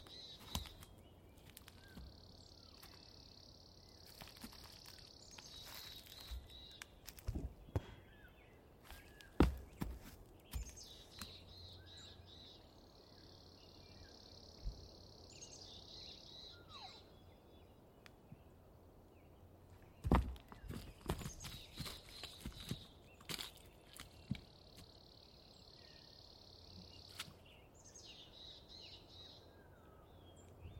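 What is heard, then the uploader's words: Birds sing in a dawn chorus, with repeated buzzy, high trilling phrases about every ten seconds over a low steady hum. Sharp clicks and snaps break in often, loudest near 9 and 20 seconds, with softer chirps scattered between. Just outside the fence of the Coffin Game Reserve in the Colockum Wildlife Area of Washington state.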